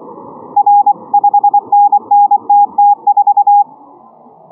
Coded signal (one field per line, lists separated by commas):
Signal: Morse code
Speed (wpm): 23 wpm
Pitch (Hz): 820 Hz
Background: none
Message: R 5NNTT4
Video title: Morse code contest simulator, Morse Runner,HL1LUA 20131122